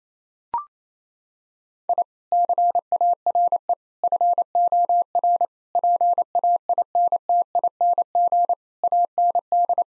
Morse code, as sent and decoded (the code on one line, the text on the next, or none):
.. / -.-. .- .-. . / ..-. --- .-. / .--. .- .. -. - .. -. --. / .- -. -..
I CARE FOR PAINTING AND